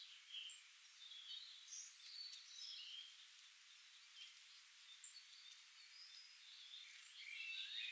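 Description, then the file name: European robin singing faint, high, thin warbled phrases with tinkling notes that come and go throughout over a low hiss. "Erithacus rubecula"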